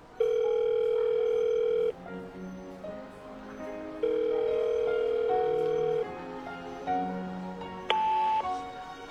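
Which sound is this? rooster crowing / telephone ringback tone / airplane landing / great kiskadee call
telephone ringback tone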